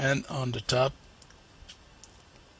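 On an Acer Aspire One D255E-13605 laptop, the top edge of the plastic screen bezel is pressed home onto the lid. Someone talks at the start, then sharp clicks are heard at 1.2 and 2.0 seconds as the top clips snap in. The bezel frame is seated back on.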